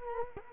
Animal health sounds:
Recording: mosquito wingbeat signal from an infrared sensor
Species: Culex quinquefasciatus

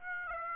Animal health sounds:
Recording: mosquito wingbeat signal from an infrared sensor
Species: Aedes aegypti

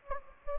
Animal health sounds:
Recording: mosquito wingbeat signal from an infrared sensor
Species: Anopheles gambiae

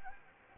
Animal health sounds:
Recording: mosquito wingbeat signal from an infrared sensor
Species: Anopheles gambiae

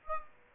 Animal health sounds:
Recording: mosquito wingbeat signal from an infrared sensor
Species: Aedes aegypti

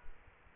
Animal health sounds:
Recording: mosquito wingbeat signal from an infrared sensor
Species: Aedes aegypti

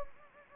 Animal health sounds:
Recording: mosquito wingbeat signal from an infrared sensor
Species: Anopheles gambiae

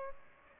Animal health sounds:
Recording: mosquito wingbeat signal from an infrared sensor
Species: Aedes albopictus

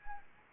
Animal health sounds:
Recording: mosquito wingbeat signal from an infrared sensor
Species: Anopheles arabiensis

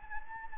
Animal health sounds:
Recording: mosquito wingbeat signal from an infrared sensor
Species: Anopheles gambiae

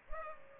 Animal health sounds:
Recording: mosquito wingbeat signal from an infrared sensor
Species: Culex pipiens

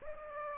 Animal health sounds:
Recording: mosquito wingbeat signal from an infrared sensor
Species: Aedes aegypti

